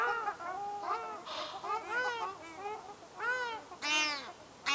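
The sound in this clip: Ruddy shelduck honks: steady run of nasal, bowed notes, with louder harsher calls breaking in near the end.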